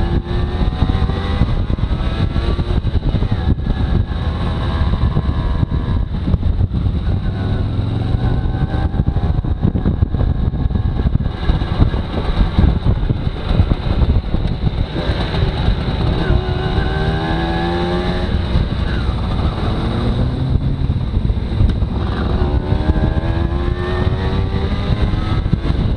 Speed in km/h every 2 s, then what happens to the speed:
29, 26, 23, 26, 27, 25, 20, 21, 21, 19, 18, 23, 29.
0-3 slows to 23. 3-8 steady at about 26. 8-12 slows to 20. 12-20 steady at about 20. 20-26 speeds up to 29.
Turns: 19-22.